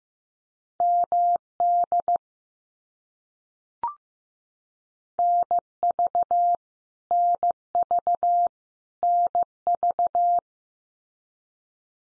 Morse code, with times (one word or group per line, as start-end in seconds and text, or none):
0.8-2.2 MD
5.2-6.5 NV
7.1-8.5 NV
9.0-10.4 NV